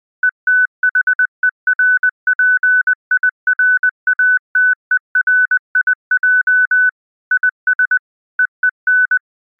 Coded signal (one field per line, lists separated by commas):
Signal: Morse code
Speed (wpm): 20 wpm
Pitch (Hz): 1500 Hz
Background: music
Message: ETHERPIRATERIJ IS EEN